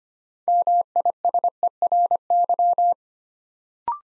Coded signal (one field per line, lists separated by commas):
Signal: Morse code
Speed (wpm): 25 wpm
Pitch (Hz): 700 Hz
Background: none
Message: MISERY